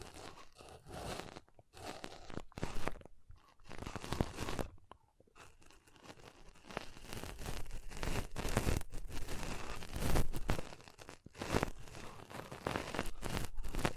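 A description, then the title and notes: Pom poms are rustled and squished in bursts of dense, crackly swishing that patters like rain. Short quiet gaps fall near 1.5, 3, 5 and 11.5 seconds, and the rustling grows fuller and louder from about 8 seconds onward. ASMR Ultimate Pom Pom Tingles (No Talking).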